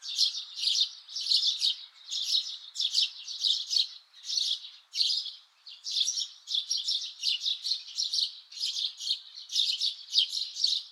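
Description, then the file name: Eurasian tree sparrow chirps, a steady run of harsh, buzzy notes repeated throughout. "Passer montanus"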